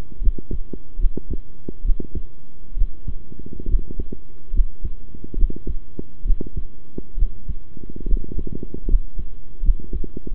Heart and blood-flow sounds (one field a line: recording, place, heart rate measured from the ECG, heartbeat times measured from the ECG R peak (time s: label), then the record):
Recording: heart sounds by stethoscope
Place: between the tricuspid and mitral areas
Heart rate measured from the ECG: 71 bpm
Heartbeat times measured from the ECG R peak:
0.21 s: heartbeat
0.98 s: heartbeat
1.84 s: heartbeat
2.76 s: heartbeat
3.67 s: heartbeat
4.52 s: heartbeat
5.36 s: heartbeat
6.24 s: heartbeat
7.17 s: heartbeat
8.06 s: heartbeat
8.87 s: heartbeat
9.62 s: heartbeat
10.30 s: heartbeat
From the record:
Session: rest, sitting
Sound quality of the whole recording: good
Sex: male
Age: 23 years